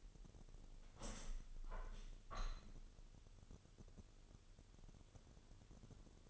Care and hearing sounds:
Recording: daily activity, microphone in the room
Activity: open window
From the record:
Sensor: 4

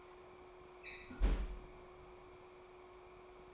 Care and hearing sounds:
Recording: daily activity, microphone in the room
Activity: close fridge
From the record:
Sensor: 1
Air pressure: 1004.6 hPa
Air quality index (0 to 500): 192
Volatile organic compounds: 16 ppm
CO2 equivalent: 2538 ppm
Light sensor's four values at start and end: 5/11/4/4 and 5/11/4/4

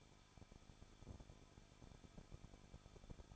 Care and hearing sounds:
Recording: daily activity, microphone in the room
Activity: no activity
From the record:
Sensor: 5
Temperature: 20.8 degrees Celsius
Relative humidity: 38.6%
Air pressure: 1006.5 hPa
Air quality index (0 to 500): 192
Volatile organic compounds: 21 ppm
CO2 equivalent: 2714 ppm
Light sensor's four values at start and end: 2/3/1/1 and 2/3/1/1

